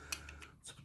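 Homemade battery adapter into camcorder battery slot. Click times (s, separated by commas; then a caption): 0.1 s. A homemade battery adapter, fitted around the cut-off plus and minus terminals, is pushed into the battery slot of a Panasonic SDR-S7 camcorder. It clicks into place at 0.1 s, followed by two fainter ticks at about 0.3 s and 0.4 s, and the adapter is seated.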